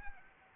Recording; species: mosquito wingbeat signal from an infrared sensor; Anopheles arabiensis